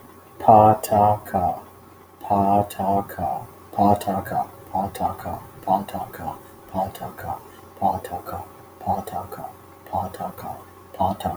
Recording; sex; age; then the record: repeated syllables /pa ta ka/; male; 30 to 39 years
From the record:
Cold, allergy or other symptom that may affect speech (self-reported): no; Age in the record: 37 years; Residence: Texas, United States